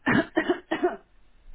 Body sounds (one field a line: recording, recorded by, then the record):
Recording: voluntary cough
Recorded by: telephone call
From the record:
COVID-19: negative